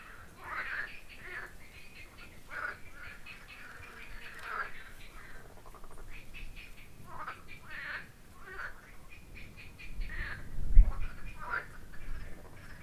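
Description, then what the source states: Dense frog chorus of rapid, nasal quacking croaks running together throughout, with a brief low thump near the end. Recorded at Kalamos.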